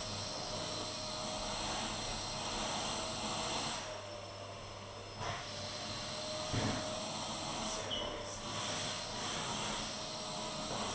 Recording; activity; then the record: daily activity, microphone in the room; vacuum cleaning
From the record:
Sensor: 4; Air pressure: 1011.1 hPa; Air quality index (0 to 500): 150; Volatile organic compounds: 3 ppm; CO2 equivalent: 1532 ppm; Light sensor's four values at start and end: 93/247/103/108 and 91/243/102/106